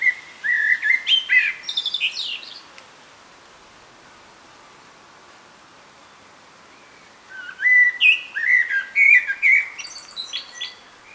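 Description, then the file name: Common blackbird song, two phrases of low fluted notes ending in a high squeaky twitter, separated by several seconds of quiet. "Turdus merula"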